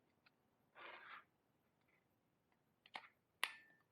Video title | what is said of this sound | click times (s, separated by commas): Avanti Turbine Conversion Episode #2 Retract upgrade and JP Brake install | make sure you go in all the way until it snaps | 3.4 s